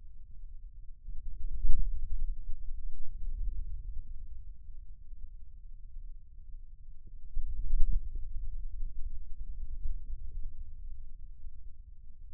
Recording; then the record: forearm muscle sounds (acoustic myography)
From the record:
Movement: hand closing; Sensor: system 2, bracelet of six BSWA MPA416 microphones around the upper forearm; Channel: 1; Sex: male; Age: 22 years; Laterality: right